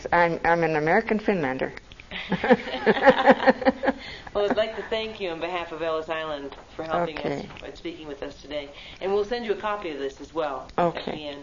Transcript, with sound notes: I'm - I'm an American Finlander (laughs)
Well I'd like to thank you on behalf of Ellis Island for helping us - by speaking with us today and we'll send you a copy of this as well, at the end.